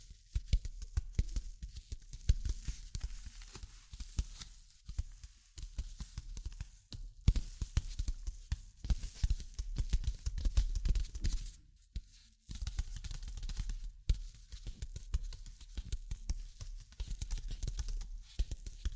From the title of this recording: Tapping, Scratching, Tracing and Panning